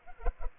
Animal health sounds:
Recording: mosquito wingbeat signal from an infrared sensor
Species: Culex pipiens

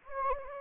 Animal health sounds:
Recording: mosquito wingbeat signal from an infrared sensor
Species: Anopheles gambiae

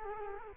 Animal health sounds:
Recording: mosquito wingbeat signal from an infrared sensor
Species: Culex quinquefasciatus

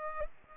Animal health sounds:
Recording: mosquito wingbeat signal from an infrared sensor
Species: Culex pipiens

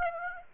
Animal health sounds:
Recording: mosquito wingbeat signal from an infrared sensor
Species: Aedes aegypti

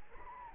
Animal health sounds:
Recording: mosquito wingbeat signal from an infrared sensor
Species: Anopheles gambiae

